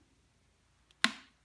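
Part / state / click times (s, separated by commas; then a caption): air intake temperature sensor into plastic intake tube / seated / 1.0 s. An air intake temperature sensor is inserted into a plastic intake tube and turned clockwise until its locking tab snaps over the bump. A faint tick at 0.9 s is followed by a sharp, loud snap at 1.0 s that rings out briefly. The sensor is seated.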